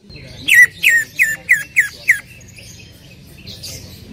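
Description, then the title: Greater green leafbird calls: six loud, sharp downslurred notes in a fast even series, then faint chatter. Female calling to a male; described as gacor hiper, meaning very active and vocal. "CUCAK IJO BETINA GACOR HIPER MEMANGGIL JANTAN"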